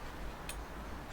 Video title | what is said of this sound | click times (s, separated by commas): [4K] PART 2 THE V PRO VS. THE V PRO ELITE TRAINING DEVICE | push it down, clip, and then that one's done as well. | 0.5 s